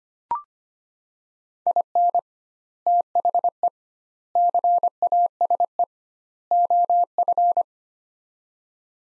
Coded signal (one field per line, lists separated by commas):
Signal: Morse code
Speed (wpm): 25 wpm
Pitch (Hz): 700 Hz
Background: none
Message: IN THE CASE OF